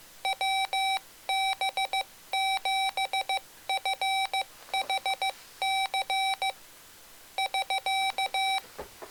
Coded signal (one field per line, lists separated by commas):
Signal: Morse code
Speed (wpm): 15 wpm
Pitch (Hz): 770 Hz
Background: none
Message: WB7FHC <SK>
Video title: Mr. Rags Macro Keyer - Pt. 3 - Hard Macros & QSO Mode